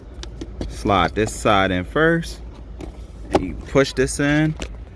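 After an LED bulb swap in a 2001–2006 Lexus LS 430, the plastic rear reading light lens cover is slid in one side first and then pushed toward its headliner light housing while someone talks. Faint plastic handling taps are heard over a steady low hum. Nothing has seated or snapped into place yet.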